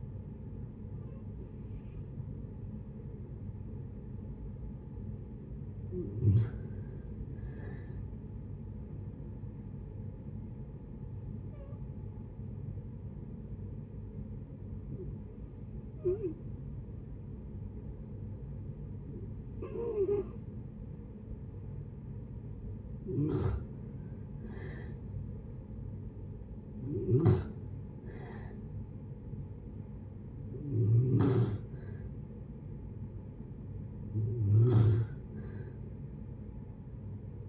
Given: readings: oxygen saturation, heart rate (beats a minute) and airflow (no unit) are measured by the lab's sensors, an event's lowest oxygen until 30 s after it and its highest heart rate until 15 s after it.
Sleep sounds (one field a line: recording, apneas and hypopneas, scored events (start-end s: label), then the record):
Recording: breathing in sleep by a smartphone at the bedside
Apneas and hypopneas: 1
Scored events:
12.00-25.40 s: hypopnea (REM, oxygen 93% highest, then 85% lowest, heart rate 73 at the start, 77 highest)
From the record:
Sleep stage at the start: REM sleep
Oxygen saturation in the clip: 57 to 93%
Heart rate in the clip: 68 to 77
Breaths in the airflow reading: 9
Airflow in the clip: -7.5 to 9.0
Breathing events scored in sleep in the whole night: 496 in 5.4 hours asleep